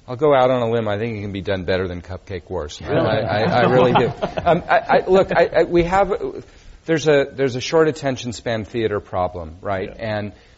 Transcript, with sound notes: I'll go out on a limb. I think it can be done better than cupcake wars. [Laughter] I really do. Look, we have -- there's a short attention span theater problem, right?